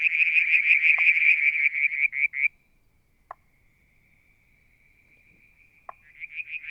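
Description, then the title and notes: Frog calling: a fast pulsed trill for about two and a half seconds, then a quiet thin whistle-like drone, short dull pops at intervals, and the trill returning at the end. Striped marsh frog, Verreaux's tree frog and an unidentified frog; one evening near a water tank, Mount Wilson, New South Wales, Australia, July 2022. "Frog song, Mount Wilson, New South Wales, Australia in July 2022 – by Alexander Moffatt. Limnodynastes Peronii, Litoria Verreauxii and a mystery frog one evening near the water tank"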